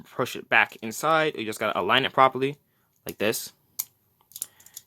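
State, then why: Seated. Someone talks while lining up the free-spinning limit break layer of a plastic Beyblade Burst SuperKing Lucifer The End spinning top (Ultimate Flare) and pushing it back inside, then twists it slightly. A sharp click at 3.8 s is followed by a cluster of small clicks, with the layer clicking into its locked, normal form at 4.4 s.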